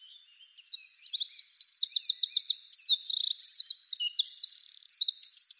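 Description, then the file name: Eurasian wren singing a loud, fast jumble of high twittering notes and buzzy trills that keeps going to the end. "Troglodytes troglodytes"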